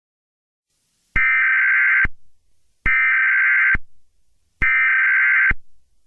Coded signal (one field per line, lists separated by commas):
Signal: Emergency Alert System (SAME) tones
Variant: header bursts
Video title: EAS Scenario #34: The Wrath of Dio Brando